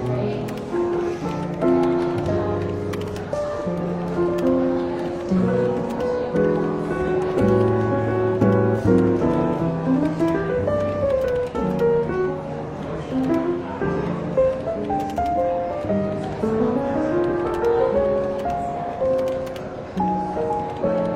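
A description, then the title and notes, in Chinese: Soft, relaxed jazz plays steadily in a London bookshop café, with a mellow melody over bass, and faint chatter murmuring underneath. 伦敦书店咖啡馆轻微喧闹氛围与柔和轻松的爵士背景音乐。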